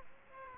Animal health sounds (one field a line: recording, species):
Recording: mosquito wingbeat signal from an infrared sensor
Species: Aedes aegypti